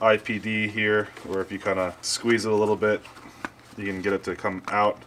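Someone talks while handling the plastic FPV goggles, squeezing the adjustable IPD mechanism to slide the goggle screen out in its housing. The screen has not clicked into place yet, and nothing has seated by the end of the clip.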